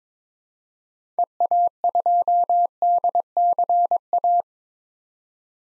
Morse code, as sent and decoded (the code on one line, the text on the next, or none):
. .- ..--- -.. -.-. .-
EA2DCA